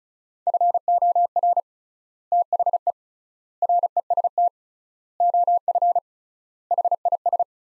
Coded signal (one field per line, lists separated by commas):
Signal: Morse code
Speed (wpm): 36 wpm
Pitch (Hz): 700 Hz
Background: none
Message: FOR THE REST OF HIS